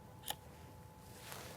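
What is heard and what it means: An arrow with a plastic clip-on Alpha HPX nock is slid back onto the cocked string of a TenPoint TRX 26 reverse-draw crossbow. A sharp, bright click sounds at 0.3 s, followed by a fainter tick near 1.3 s. The nock is seated on the string and the crossbow is ready.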